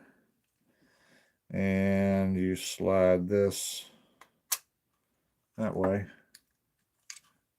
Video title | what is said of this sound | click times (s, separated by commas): Unboxing CB Radio purchased on ebay. | and it locks into place like there like that | 7.1 s